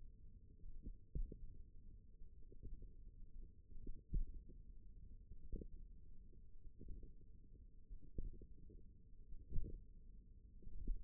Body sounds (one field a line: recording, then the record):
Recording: forearm muscle sounds (acoustic myography)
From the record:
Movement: tripod grip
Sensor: system 1, eight BSWA MPA416 microphones around the upper forearm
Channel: 1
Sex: female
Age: 21 years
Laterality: right